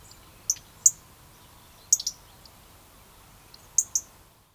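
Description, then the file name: European robin gives short, very high ticking notes, singly and in pairs, scattered over a few seconds in quiet surroundings. "Erithacus rubecula"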